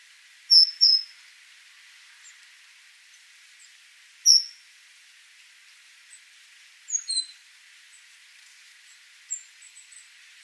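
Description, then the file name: Great tit calls: sharp high notes, a quick pair near the start, then single and double chips scattered every few seconds over a faint background hiss. "Parus major"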